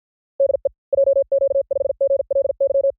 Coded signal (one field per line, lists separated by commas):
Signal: Morse code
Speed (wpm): 53 wpm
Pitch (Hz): 550 Hz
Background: none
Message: DE JQ5GLY